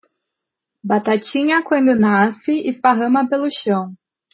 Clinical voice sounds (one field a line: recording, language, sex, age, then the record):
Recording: short text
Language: Brazilian Portuguese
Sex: female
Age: 20 to 29 years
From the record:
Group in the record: control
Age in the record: 22 years